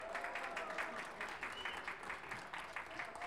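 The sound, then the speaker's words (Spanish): Steady audience applause for competitors at a contrapunto tournament, a dense, continuous patter of many hands clapping at an even loudness for the whole few seconds, with no voices standing out. “Gran aplauso para ellos.”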